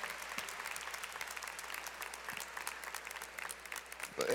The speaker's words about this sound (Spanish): Denle un fuerte aplauso para que se anime a pasar, por favor.